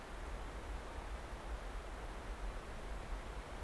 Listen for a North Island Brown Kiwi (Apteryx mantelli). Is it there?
no